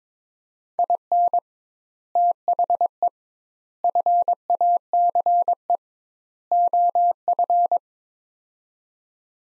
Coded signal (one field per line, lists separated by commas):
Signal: Morse code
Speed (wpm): 22 wpm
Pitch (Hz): 700 Hz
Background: none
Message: IN THE FACE OF